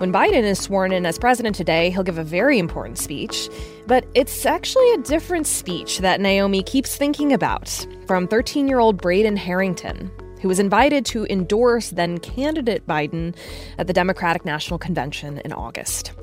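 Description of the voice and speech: An adult female NPR Short Wave reporter narrating in normal fluent speech.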